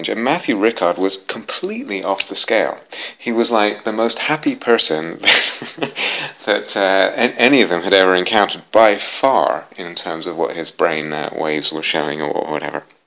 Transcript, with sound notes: Matthieu Ricard was completely off the scale. He was like the most happy person [laughs] that any of them had ever encountered, by far, in terms of what his brainwaves were showing or whatever.